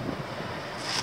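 A push-in fitting is being handled into its mount in a camper van, with steady broadband wind-like noise throughout. Nothing has seated or clicked yet.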